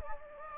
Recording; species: mosquito wingbeat signal from an infrared sensor; Anopheles gambiae